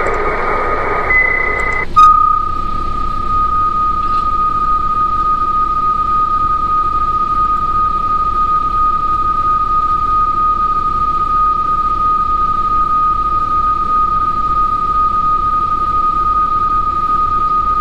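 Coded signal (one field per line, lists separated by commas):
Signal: PSK31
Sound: short burst of hiss, then a single steady warbling tone held for about 16 seconds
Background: radio static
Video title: A61BK PSK31 12M PC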